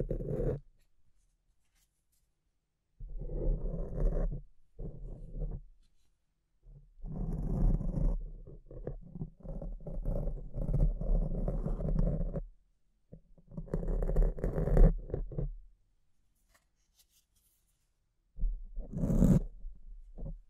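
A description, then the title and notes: Microphone scratching comes in rough, dense bursts of rubbing and scraping, with a strong low rumble under each one. The longer stretches run from about 3 to 12 seconds and 13 to 16 seconds, then a final burst near 19 seconds, with dead silence between them. ASMR Brain Melting Mic Scratching (No Talking).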